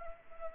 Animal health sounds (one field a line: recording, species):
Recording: mosquito wingbeat signal from an infrared sensor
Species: Culex pipiens